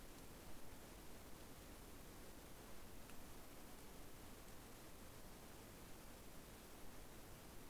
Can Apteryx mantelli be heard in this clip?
no